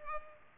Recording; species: mosquito wingbeat signal from an infrared sensor; Culex pipiens